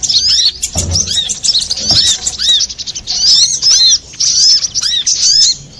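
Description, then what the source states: Little spiderhunter giving a shrill, busy chatter of rising-and-falling chirps, phrases running together with short pauses between. Master recording for training cage birds.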